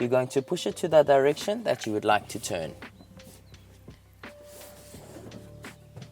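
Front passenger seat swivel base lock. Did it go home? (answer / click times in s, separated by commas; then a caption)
no / none. Someone talks, then the front passenger seat's swivel lever is pushed and the seat is turned on its swivel base, giving a few soft knocks and a sharper bump around 4.2 s over a low hum. The seat is being handled but has not yet locked into place; nothing has seated or clicked yet.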